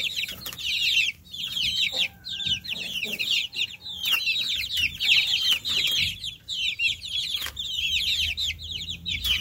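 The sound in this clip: Chicks cheeping in quick high bursts, many overlapping peeps broken by short pauses.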